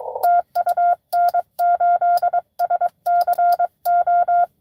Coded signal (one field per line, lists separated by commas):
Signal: Morse code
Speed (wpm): 22 wpm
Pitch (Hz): 690 Hz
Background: none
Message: TU N8SCO